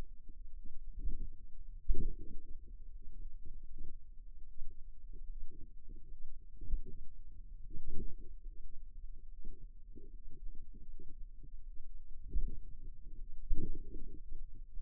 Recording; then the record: forearm muscle sounds (acoustic myography)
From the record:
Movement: finger pinch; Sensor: system 2, bracelet of six BSWA MPA416 microphones around the upper forearm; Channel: 3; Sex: female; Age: 23 years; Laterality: right